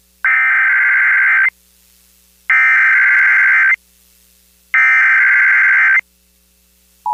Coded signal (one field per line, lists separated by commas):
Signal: Emergency Alert System (SAME) tones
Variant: header bursts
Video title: [EAS] WQDR-FM - Tornado Watch #7 Activation (1/9/2024)